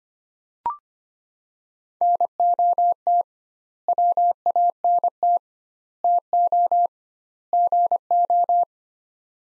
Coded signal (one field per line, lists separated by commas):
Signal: Morse code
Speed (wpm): 25 wpm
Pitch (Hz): 700 Hz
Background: none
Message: NOT WANT TO GO